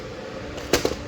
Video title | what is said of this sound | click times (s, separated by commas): How to: Setup a GRACO Modes 3 Lite DLX Travel System | and there everything locks into place | 0.7 s